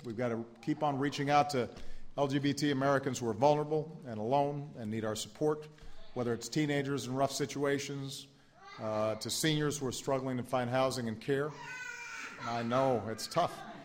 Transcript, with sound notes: We've got to keep on reaching out to LGBT Americans who are vulnerable and alone, and need our support ''- whether it's teenagers in rough situations to seniors who are struggling to find housing and care. (Baby cries.) I know, it's tough.